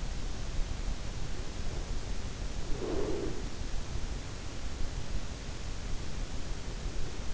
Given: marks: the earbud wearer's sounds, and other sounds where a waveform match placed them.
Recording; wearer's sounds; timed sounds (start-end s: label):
sounds in sleep by an in-ear microphone; breath
2.64-3.94 s: breath